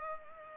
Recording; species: mosquito wingbeat signal from an infrared sensor; Culex pipiens